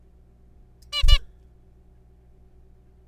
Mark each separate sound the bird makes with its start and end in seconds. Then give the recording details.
0.93-1.02, 1.08-1.18. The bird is a juvenile. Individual R3428